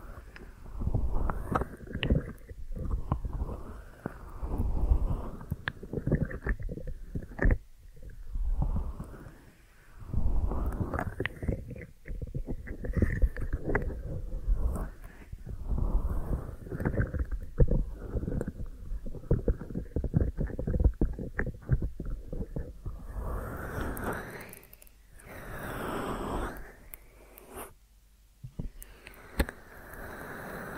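Deep ear massage: muffled, low rubbing sounds swell and fade in slow repeating strokes about every second or two, with soft crackles and thumps between them. Near the end the rubbing turns brighter and hissier, with a brief quiet gap.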